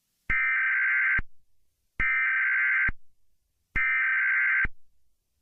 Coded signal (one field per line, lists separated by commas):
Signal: Emergency Alert System (SAME) tones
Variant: header bursts